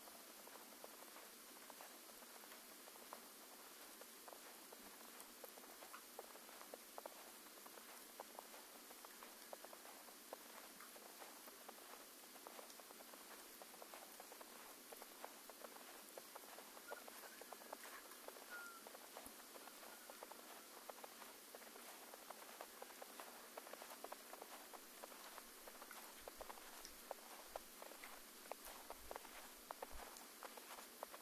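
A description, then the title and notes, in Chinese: Morning snow falling at a mountain hut, a steady, dense patter of fine ticks and soft hiss that holds evenly for the whole half minute. The sound is bright and airy with almost no low rumble, and a faint brief chirp rises around the middle. 山屋晨雪。凌晨初雪·京。凌晨四点山上录制。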